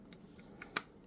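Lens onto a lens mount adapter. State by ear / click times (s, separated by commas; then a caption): seated / 0.8 s. A lens is twisted onto a mount adapter that converts its MDMC lens mount to a Canon EF mount. A few faint clicks and small ticks are heard before a sharp, bright click at 0.8 s as the lens locks in place. The lens is seated on the adapter.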